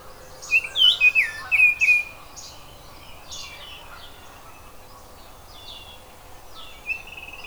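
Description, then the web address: Oriole song opening with a quick phrase of looping whistles, then quieter high notes and a brief whistle near the end. "zoology oriole"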